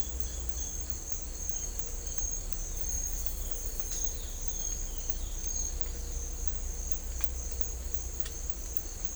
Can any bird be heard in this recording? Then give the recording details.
no. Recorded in dense forest near Puerto Asís, Putumayo, Colombia, on 18 December 2024 at 10:00. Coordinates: 0.500, -76.322. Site G053